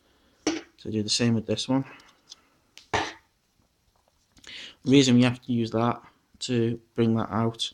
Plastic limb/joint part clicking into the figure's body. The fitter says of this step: and that'll come out and then give it a little push it'll click into place so